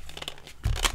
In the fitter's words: it just simply clicks into place just like that